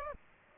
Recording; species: mosquito wingbeat signal from an infrared sensor; Aedes aegypti